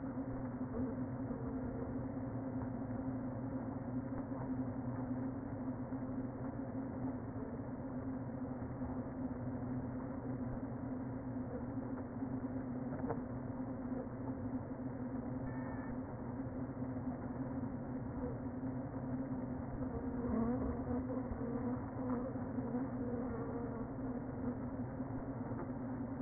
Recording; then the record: honeybee colony, microphone inside the hive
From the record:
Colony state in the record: queen present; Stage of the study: before two queens were removed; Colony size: about 60,000 bees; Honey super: yes